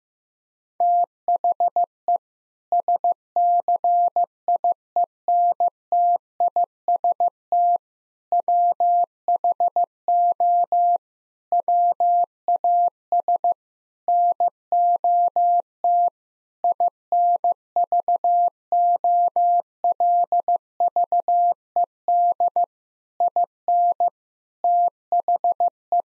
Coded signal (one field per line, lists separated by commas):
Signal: Morse code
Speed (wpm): 15 wpm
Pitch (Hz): 700 Hz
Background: none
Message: THE SCIENTIST WHO WAS NOT INVOLVED IN THE